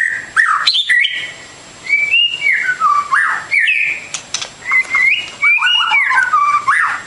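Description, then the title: Bird song, phrases of bright whistles that rise and fall, separated by short pauses, with quick chirps between them. Masteran training recording of bird song, complete version. "Kicau Burung Masteran Lengkap"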